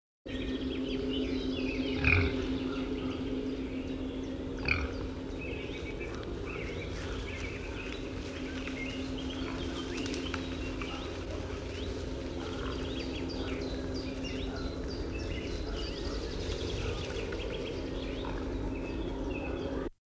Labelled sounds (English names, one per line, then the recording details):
Common Blackbird song
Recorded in the wild
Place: Altkünkendorf, Brandenburg, DE
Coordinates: 53.008, 13.875
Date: 1984-05-16
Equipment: Nagra III BH, Sennheiser MD 21, parabola
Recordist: Schubert, Michael
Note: Rufe Kuckuck, Gesang Amsel, wird von Kuckuck verjagt, der auf dem gleichen Punkt landet, schreckendes Wildschwein (Bache) und Laufgeräusch